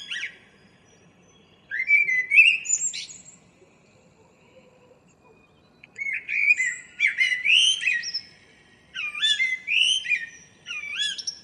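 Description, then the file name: Common blackbird song: a rising whistled phrase, a pause, then repeated fluty phrases with thin high twittered endings. "Turdus merula"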